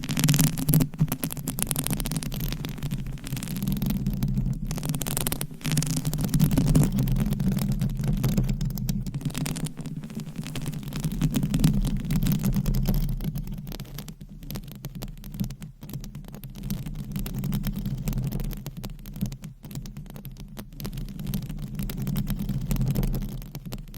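Nails scratch and tap on objects in a dense, rapid stream of rough scraping strokes and small clicks with no real pauses. A steady low hum runs underneath. The level swells and eases in waves, dipping around the middle and again near twenty seconds.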